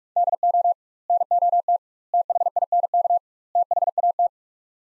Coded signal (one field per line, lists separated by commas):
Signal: Morse code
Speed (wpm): 41 wpm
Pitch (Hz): 700 Hz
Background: none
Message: DO NOT THINK THAT